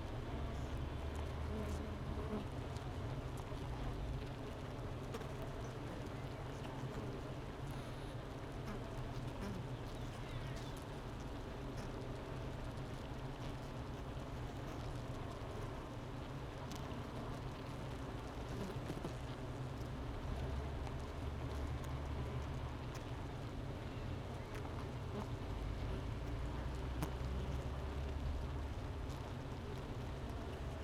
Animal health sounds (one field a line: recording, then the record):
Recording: honeybee colony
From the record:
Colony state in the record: missing queen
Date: 31 May 2018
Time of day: 9:28